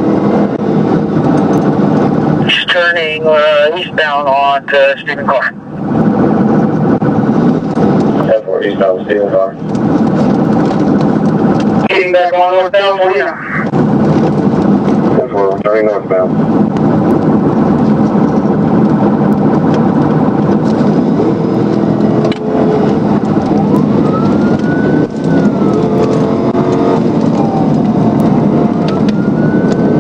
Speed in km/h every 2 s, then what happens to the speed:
119, 119, 118, 118, 119, 116, 119, 119, 119, 114, 121, 126, 124, 143, 143.
0-18 steady at about 119. 18-26 speeds up to 143.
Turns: none.